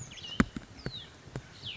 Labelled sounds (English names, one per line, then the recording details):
Cassin's Vireo
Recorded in Sonoma County, California